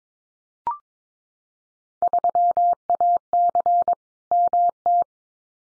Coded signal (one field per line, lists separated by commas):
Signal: Morse code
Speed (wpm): 22 wpm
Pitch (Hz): 700 Hz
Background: none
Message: 3AC MT